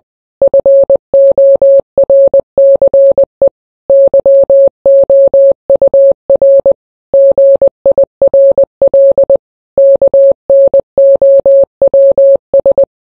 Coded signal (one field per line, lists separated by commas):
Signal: Morse code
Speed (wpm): 20 wpm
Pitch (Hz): 550 Hz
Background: none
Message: FORCE YOUR GIRL KNOWS